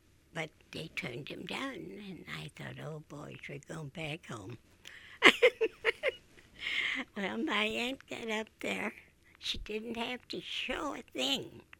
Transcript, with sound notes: But they turned him down. And I thought, oh boy, we're going back home. [Laughs] And my aunt got up there. She didn't have to show a thing.